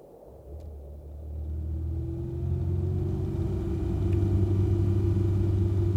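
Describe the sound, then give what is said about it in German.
A 1970s combustion-engine automobile drives along with a steady low rumble and a droning engine hum that swells slightly louder after the first couple of seconds, with no one speaking. “Ich habe ein Fahrzeug aus den 70er Jahren des 20. Jahrhunderts bestellt. Ein Automobil. Oder wie man damals abkürzend sagte, Auto. Mit Verbrennungsmotor.”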